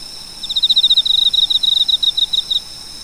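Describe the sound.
Cricket giving one fast train of sharp, high pulses lasting about two seconds, with a constant whining hiss underneath.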